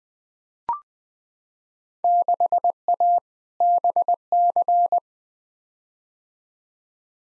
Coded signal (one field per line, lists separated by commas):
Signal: Morse code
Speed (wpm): 21 wpm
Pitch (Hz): 700 Hz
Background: none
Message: 6A BC